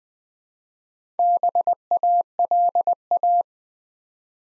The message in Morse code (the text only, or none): BALA